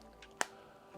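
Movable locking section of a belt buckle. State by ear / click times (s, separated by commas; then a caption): partly seated / 0.4 s. The small movable locking section of a metal belt buckle, jammed on arrival likely by leftover machining material, is worked by hand. A faint tick at 0.2 s is followed by one sharp, bright click at 0.4 s. The mechanism only partly engages, clicking a little bit sometimes rather than cleanly.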